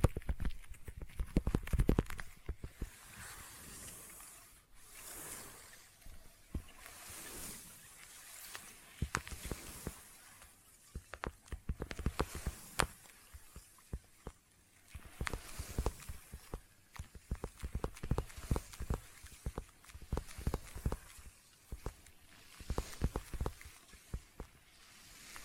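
Quick, intense sticky tapping fills all 25 seconds, with dense bursts of sharp clicks and tacky peeling snaps. The rhythm is irregular, pausing briefly near 5, 14 and 20 seconds before the next flurry. Soft rustling hiss swells underneath between taps.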